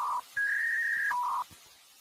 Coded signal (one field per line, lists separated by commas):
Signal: fax machine handshake